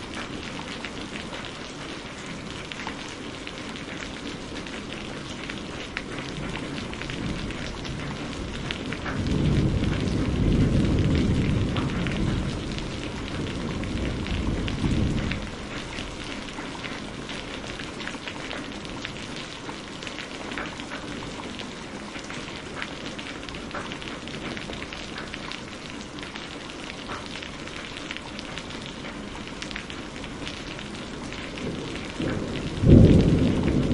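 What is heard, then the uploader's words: Steady, dense rain hisses evenly throughout, a soft constant patter with no pauses. Around ten seconds a low roll of thunder swells and rumbles for several seconds before fading. Near the end a brief, sharper low thump stands out. Rain and thunder.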